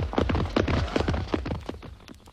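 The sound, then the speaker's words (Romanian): The hooves of a hunting party's troop of horses clatter in a quick, uneven rhythm of sharp knocks, steady and fairly loud, with no voices. “S-aude și tropă de cai și larmă de căi.”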